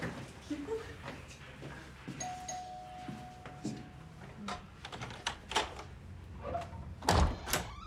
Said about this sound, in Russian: Подбегают к двери и звонят. Дверь открывает мать Кирилла.